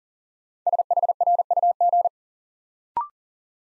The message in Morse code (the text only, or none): SHRUG